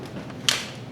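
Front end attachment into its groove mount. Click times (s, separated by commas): 0.5 s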